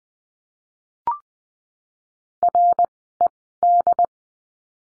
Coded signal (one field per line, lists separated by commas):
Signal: Morse code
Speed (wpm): 20 wpm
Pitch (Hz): 700 Hz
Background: none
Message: R E D